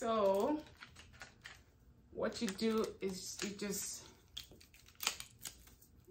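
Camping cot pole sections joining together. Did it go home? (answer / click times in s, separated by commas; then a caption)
yes / 5.1 s. Someone talks, then, with the elastic band removed, the shock-corded sections of a camping cot pole are let go and come together. A few light clicks lead into a short, sharp snap at 5.1 s as the sections seat into place.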